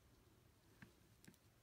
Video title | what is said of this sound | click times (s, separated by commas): Ghostbusters Plasma Series Egon Spengler, Peter Venkman, Winston Zeddemore & Ray Stantz Review | It kind of clips on, and when you click it on, you kind of hear the click, and it stays on pretty well. | 0.8 s, 1.2 s